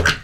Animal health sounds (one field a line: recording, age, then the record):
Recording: pig call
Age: piglet (1 to 25 days)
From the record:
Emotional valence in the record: positive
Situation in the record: reunion after long isolation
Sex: male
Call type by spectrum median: low-frequency call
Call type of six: low-frequency tonal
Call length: 0.24 s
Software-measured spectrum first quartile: 447 Hz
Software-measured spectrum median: 1460 Hz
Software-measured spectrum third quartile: 2293 Hz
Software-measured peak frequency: 1524 Hz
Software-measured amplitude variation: 154 dB a second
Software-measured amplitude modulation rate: 10.6 a second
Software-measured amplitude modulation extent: 14.5 dB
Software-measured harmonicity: 2.2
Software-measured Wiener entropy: -1.54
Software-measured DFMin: 749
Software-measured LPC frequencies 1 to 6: 1521, 2877, 4241, 4865, 5764, 7758 Hz